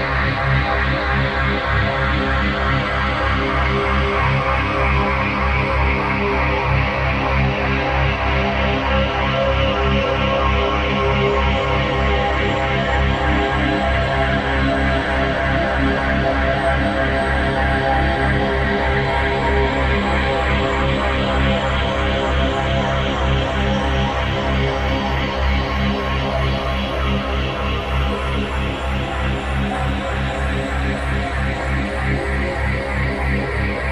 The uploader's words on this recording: Theraphonia - Evocation 3 Binaural C#65.4Hz Full-Spectrum δ 3.2Hz. It's a full-spectrum binaural, meaning everything in the right channel (not just the binaural tone) is shifted up to create the 3.2 Hz binaural beat.